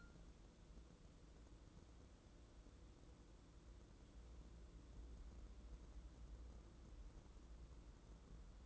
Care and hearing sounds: daily activity, microphone in the room; wipe stove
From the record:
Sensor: 3

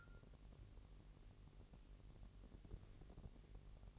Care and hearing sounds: daily activity, microphone in the room; take from stove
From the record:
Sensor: 4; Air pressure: 1002.8 hPa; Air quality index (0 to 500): 237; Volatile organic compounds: 10 ppm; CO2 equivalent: 2222 ppm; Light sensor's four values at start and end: 7/15/6/6 and 7/15/6/6

